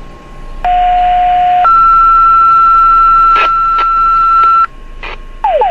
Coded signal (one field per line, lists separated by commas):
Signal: two-tone page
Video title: Classic Siren Recordings - Federal Signal Model 5 short alert (intense!)